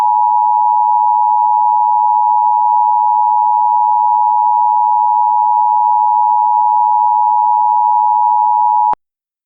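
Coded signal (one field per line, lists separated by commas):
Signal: Emergency Alert System (SAME) tones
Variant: 853 and 960 Hz attention tone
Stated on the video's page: Hypothetical, fictional EAS scenario, not a real alert.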